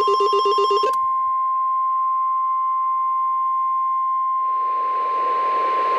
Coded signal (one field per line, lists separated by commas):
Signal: Emergency Alert System (SAME) tones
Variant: 1050 Hz attention tone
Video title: (Part 2 for @FortSmithWX) Oklahoma's Final Moment (Part 2 of EAS Scenario)